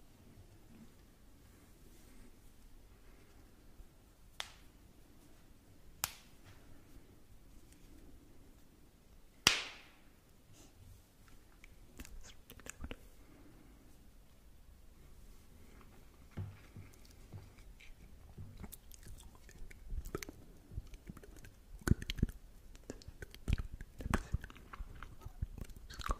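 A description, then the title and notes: Quiet mouth sounds with sparse clicks early on, a sharp snap near ten seconds, then denser wet smacks and crunchy clicks building toward the end. Mouth Sounds.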